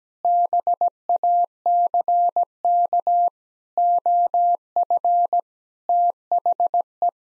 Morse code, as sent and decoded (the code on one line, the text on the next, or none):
-... .- -.-. -.- / --- ..-. / - .... .
BACK OF THE